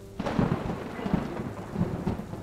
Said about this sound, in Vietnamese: Sấm chớp vang lên rạch ngang cả bầu trời